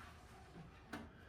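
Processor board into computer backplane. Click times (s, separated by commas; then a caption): 0.9 s. A processor board, labeled 608030, is slid along the card guides into the backplane of a 1988 NeXT cube computer, a tight fit. Over a low steady background, a single short, sharp click at 0.9 s marks the logic board seating in the backplane.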